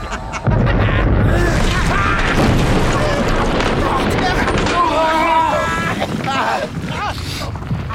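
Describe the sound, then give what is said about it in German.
A sudden, loud explosion blast hits after half a second, sending a sharp, hot gust of air that knocks people to the ground, then a sustained low rumbling roar continues while agitated voices shout over it. “Ein Knall, ein Luftstoß, scharf und heiß, der uns zu Boden wirft.”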